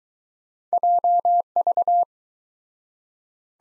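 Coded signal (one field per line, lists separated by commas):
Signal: Morse code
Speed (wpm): 23 wpm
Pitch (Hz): 700 Hz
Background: none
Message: JV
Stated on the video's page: Two letter-number combination drill in Speed-Racing format, starting fast and slowing to a 17wpm base; fastest speed is 1.5 times slowest, final repeat sent once at maximum speed.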